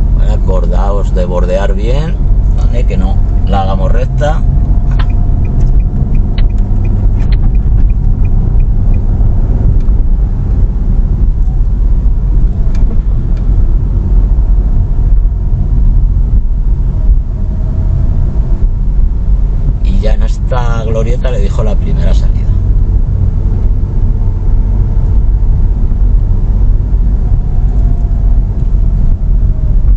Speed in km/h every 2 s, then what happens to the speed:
22, 23, 24, 25, 27, 22, 22, 22, 22, 22, 23, 24, 24, 22, 16.
0-25 steady at about 23. 25-30 slows to 16.